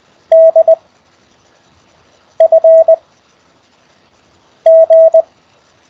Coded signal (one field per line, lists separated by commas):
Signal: Morse code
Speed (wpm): 20 wpm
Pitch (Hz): 650 Hz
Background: none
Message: D F G